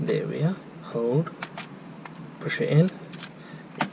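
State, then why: Seated. A Nissan airbag clock spring (spiral cable) assembly is held and pushed into the steering column housing while someone talks, until its plastic retaining clip snaps home with a sharp click at 3.8 s. The clip is seated, one of two clicks counted in total.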